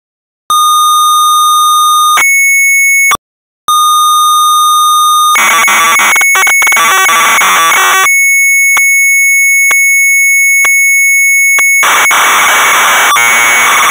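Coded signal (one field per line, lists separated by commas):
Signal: computer data on cassette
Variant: Amstrad CPC 464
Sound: steady buzzy pilot tones, a pause, then harsh screeching data bursts twice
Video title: Predator (1987) - Amstrad CPC 464 (Full Tape Rip / Cassette Load)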